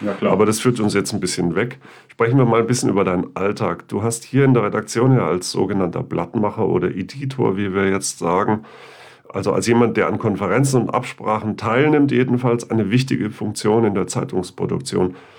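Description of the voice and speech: An adult man speaks German in an interview, fluent and evenly paced, with a low, steady voice and normal pauses between phrases. Articulation is clear, with no repetitions, blocks or slurring: ordinary speech with no sign of a speech disorder.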